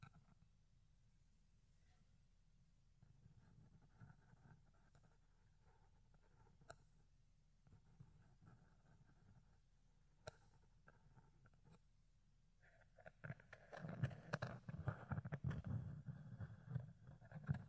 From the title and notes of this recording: ASMR Fluffy Ear Cleaning, Ear Picking (No Talking).